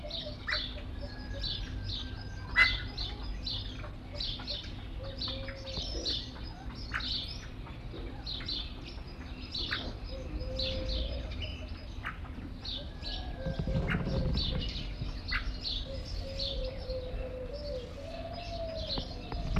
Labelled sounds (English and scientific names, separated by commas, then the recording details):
Lady Amherst's Pheasant (Chrysolophus amherstiae) call
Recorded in captivity
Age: adult
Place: Zoo Leipzig, Sachsen, DE
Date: 1965-03-27 14:00
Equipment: Magnetophon 300, Transistorverstärker, Sennheiser MD 421
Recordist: Tembrock, Günter